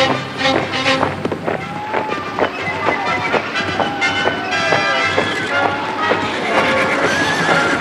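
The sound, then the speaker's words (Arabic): Cavalry horses gallop in a dense, continuous rush of hoofbeats as horsemen set out across the Sinai desert toward Palestine in a radio drama, while loud, high whinnies rise and fall repeatedly over the pounding, with a busy crowd-like clamor beneath. “وأرجو أن تطوي بفرسانك صحراء سيناء في سرعة الريح بعون الله تعالى.”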